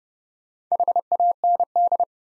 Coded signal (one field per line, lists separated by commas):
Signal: Morse code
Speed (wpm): 30 wpm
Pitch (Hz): 700 Hz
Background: none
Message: HAND